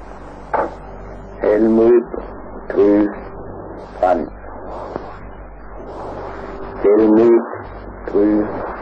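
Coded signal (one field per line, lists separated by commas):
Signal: numbers station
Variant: G01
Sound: a voice reading short, separate words at a slow pace through radio hiss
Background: radio static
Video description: Full transmission of G1, the Tyrolean Music Station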